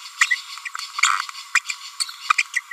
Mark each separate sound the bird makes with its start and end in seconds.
0.21-0.26, 0.65-0.69, 1.02-1.08, 1.55-1.59, 1.69-1.72, 2.00-2.04, 2.38-2.42, 2.55-2.60